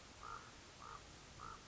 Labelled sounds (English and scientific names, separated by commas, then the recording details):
Common Raven (Corvus corax)
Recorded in Sonoma County, California